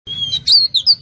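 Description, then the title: Oriental magpie-robin giving a brief clear whistled note followed by quick higher chirping phrases. Kacer poci variety, in full song. "Kacer Poci Gacor"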